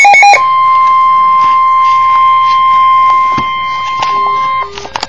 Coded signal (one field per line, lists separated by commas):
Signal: Emergency Alert System (SAME) tones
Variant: 1050 Hz attention tone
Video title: EAS Alert #3 - Severe Thunderstorm Warning #2 3/20/11